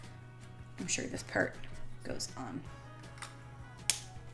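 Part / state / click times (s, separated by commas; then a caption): outer piece of a refillable cosmetic capsule going onto the case / seated / 3.9 s. An outer piece of a refillable cosmetic capsule is pressed onto its recycled-plastic case while someone talks, with a steady low hum underneath. A single sharp, loud click at 3.9 seconds marks the piece snapping into place, and it is seated.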